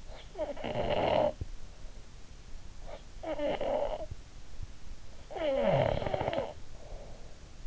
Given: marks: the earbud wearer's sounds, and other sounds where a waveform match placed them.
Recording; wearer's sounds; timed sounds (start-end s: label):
sounds in sleep by an in-ear microphone; snoring breath
0.00-1.78 s: snoring breath
2.66-4.38 s: snoring breath
4.77-7.56 s: snoring breath